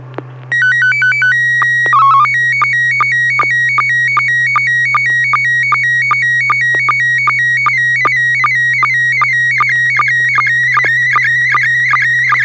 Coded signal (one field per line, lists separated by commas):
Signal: SSTV (slow-scan television)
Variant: PD 50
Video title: N6NA SSTV Net - 09/15/2021